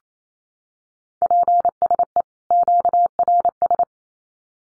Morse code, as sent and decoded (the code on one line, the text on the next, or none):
.--. ... . / --.- .-. ...
PSE QRS